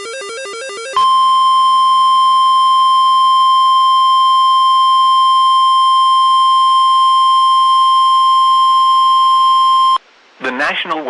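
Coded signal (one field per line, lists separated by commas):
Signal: Emergency Alert System (SAME) tones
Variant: 1050 Hz attention tone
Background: speech, music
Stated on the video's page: Tornado warning received from a NOAA Weather Radio station.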